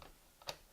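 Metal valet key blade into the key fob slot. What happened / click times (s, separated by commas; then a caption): A small metal blade latched into its plastic housing / 0.0 s, 0.5 s. The metal valet key blade of a 2013–2019 Ford Flex remote key fob is slid back into its slot in the plastic fob. A faint tick is heard at 0.0 s, then a short, sharp click at 0.5 s as it latches. The key is seated.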